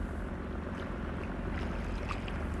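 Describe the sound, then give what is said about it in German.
The engine of an old, slow boat being pursued drones steadily over open water, a continuous low rumble with a faint hiss above it and no voices, holding an even level throughout. “Ich höre ihn.”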